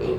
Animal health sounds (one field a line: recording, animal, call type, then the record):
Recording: contact call of a hoofed animal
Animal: pig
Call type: closed-mouth grunt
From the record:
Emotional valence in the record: positive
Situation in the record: food and toys in familiar pen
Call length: 0.19 s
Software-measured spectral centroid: 1340 Hz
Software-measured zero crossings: 980 a second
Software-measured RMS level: -25 dBFS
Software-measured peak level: -14 dBFS